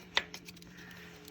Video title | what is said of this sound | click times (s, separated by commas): Replacing spark plugs on a 2016 Chevy Malibu ￼ 2 L | push into clicks lock | 0.2 s